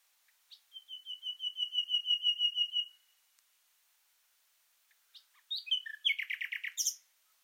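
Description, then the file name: Common nightingale song: a crescendo of repeated whistled notes, a pause, then a harsh rapid flourish of sharp chirps. "Luscinia megarhynchos"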